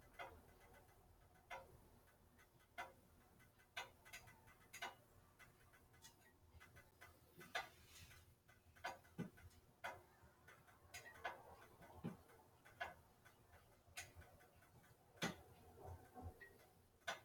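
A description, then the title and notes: Someone making an Americano with a Moka pot, heard as a series of sharp clicks and taps roughly once a second, almost like a ticking clock. Between the knocks come softer clatters and scrapes of handled metal over a low, steady hum. Mike is fighting a head cold and has decided to make himself an Americano using his Moka pot.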